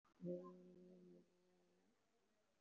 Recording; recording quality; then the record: sustained vowel as in made; moderate, slight background noise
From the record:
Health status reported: respiratory illness, not identified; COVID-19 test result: not tested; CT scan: taken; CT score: 0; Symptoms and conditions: cough, cold, pneumonia, hypertension, diabetes, another condition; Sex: female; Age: 68 years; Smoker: no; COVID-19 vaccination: none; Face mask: not worn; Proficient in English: no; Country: India